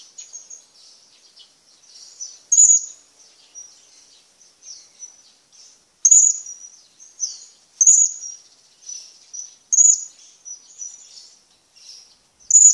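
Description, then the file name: Blue-crowned hanging parrot calling with sharp high squeaky notes a few seconds apart, separated by softer thin twittering chatter. "suara burung serindit"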